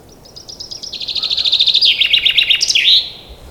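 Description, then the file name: Common chaffinch song: a fast series of high chipping notes speeding into a rattling trill, dropping in pitch, then a sharp flourish ending after about three seconds. "Fringilla coelebs"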